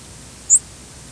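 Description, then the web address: White-crowned sparrow call: a single brief, very high, thin note that slides upward, against constant hiss. "sparrows wcsp"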